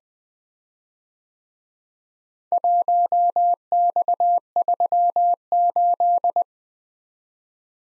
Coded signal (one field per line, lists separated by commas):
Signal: Morse code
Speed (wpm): 24 wpm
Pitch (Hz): 700 Hz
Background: none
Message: 1X38